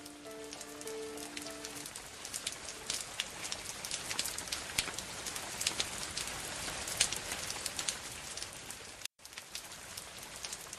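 Steady rain patters down in a dense, even hiss of tiny droplet taps. A faint held tone lingers at the start, and the rain cuts out for a split second near the end.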